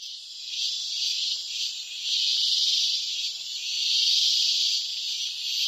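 Cicada song as a steady high buzzing drone with slow swells in loudness.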